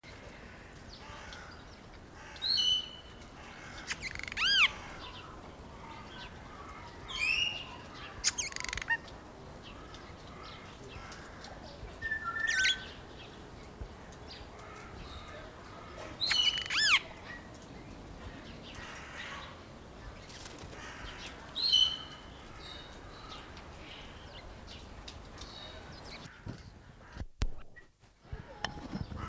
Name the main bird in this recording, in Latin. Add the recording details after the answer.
Lamprotornis splendidus. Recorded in captivity. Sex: male. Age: adult. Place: Zoo Berlin, Berlin, DE. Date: 1998-03-21 10:57. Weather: fair, ca. 0°C. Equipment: Nagra SN, Kopie Uher 4000 Report Monitor. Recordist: Tembrock, Günter. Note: Gesangsstrophen, Entfernung 1 - 2 m